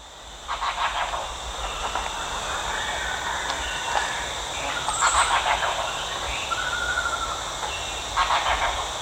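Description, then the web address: Red-bearded bee-eater giving harsh, pulsed croaking bursts at irregular intervals, with a thin whistle and a steady insect-like hiss in the background. Recorded at Danum on 1 March 2008. "DANUM 20080301. red-bearded bee-eater"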